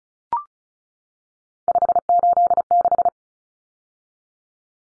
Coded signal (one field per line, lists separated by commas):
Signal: Morse code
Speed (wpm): 34 wpm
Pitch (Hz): 700 Hz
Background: none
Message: 586